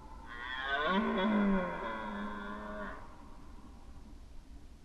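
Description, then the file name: Red deer giving a single loud, deep harmonic roar of nearly three seconds that swells to a peak and then holds steady. Red deer roaring during the rut, 2011. "rykowisko 2011"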